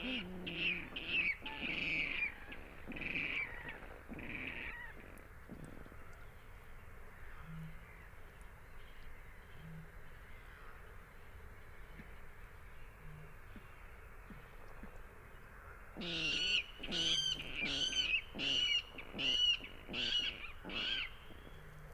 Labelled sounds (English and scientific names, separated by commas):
Water Rail (Rallus aquaticus)